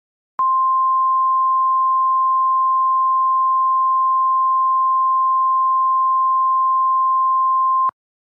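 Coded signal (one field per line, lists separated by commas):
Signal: Emergency Alert System (SAME) tones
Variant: 1050 Hz attention tone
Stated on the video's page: Fictional EAS scenario, a simulated alert remade from another creator's version.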